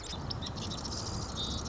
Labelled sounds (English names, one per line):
Marsh Wren